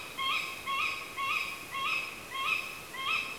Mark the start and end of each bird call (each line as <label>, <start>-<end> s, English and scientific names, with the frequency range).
Tawny Owl (Strix aluco) (1.0-5.6 kHz), 0.16-0.91 s
Tawny Owl (Strix aluco) (1.0-5.3 kHz), 1.17-1.42 s
Tawny Owl (Strix aluco) (0.9-4.0 kHz), 1.70-1.99 s
Tawny Owl (Strix aluco) (0.9-3.7 kHz), 2.30-2.57 s
Tawny Owl (Strix aluco) (0.9-3.9 kHz), 2.93-3.21 s